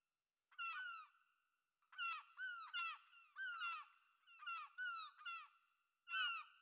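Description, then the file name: Gull calls: loud, nasal, downward-slurred cries given singly and in quick pairs, separated by short silences. "NH Env Seagull"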